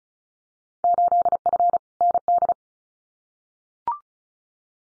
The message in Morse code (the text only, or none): 8F ND